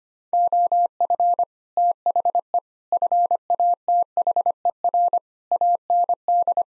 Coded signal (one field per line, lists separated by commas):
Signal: Morse code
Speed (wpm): 25 wpm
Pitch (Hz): 700 Hz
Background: none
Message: OF THE FATHER AND